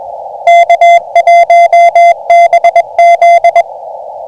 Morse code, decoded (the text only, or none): K1BZ